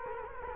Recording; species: mosquito wingbeat signal from an infrared sensor; Culex quinquefasciatus